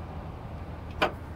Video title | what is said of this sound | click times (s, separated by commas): 2015 USED FORD F250 CREW PLATINUM POWERSTROKE DIESEL WISCONSIN $51,999 SOLD! 9198 www.SUMMITAUTO.com | up like that and then it'll lock into place and then it's real easy to get into the tailgate or into the bed of the truck and | 1.0 s